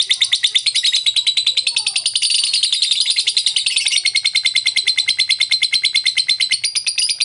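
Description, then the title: Lovebird producing a continuous fast, buzzy, high-pitched chatter throughout, with scarcely any break. Pet lovebird giving long "ngekek" chatter, used for training other pet birds (masteran). "Love bird ngetik ngekek"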